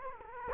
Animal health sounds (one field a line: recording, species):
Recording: mosquito wingbeat signal from an infrared sensor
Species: Culex quinquefasciatus